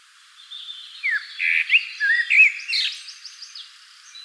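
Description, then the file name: Common blackbird song: a flowing whistled warble of sliding notes, followed by a series of thin high squeaky twitters that fade out. "Turdus merula"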